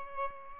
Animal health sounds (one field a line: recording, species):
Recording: mosquito wingbeat signal from an infrared sensor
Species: Aedes albopictus